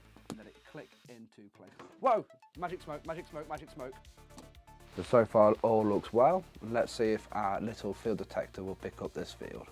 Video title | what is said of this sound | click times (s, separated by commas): Building a Field Generator! Midwest Gadgets DIY NFC/RFID Maker Kit | We're going to plug this in and see if we get any magic smoke. Let it click into place. | 0.3 s